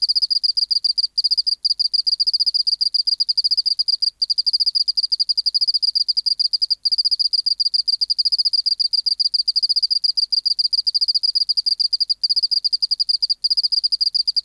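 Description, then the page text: Oceanic field cricket song: long unbroken stream of rapid, high pulsed chirps, shrill and even, with only tiny breaks. Recorded in the BMNH Acoustic Laboratory, 19 March 1984, 11:15 local time, at 24 °C and 30% humidity, still air, dim light. "412:14 Teleogryllus oceanicus (514r2). BioAcoustica. Natural History Museum Sound Archive. Recording Location: BMNH Acoustic Laboratory Recorded by: W. J. Reynolds Date Recorded: Mandag, marts 19, 1984 Local time: 1115"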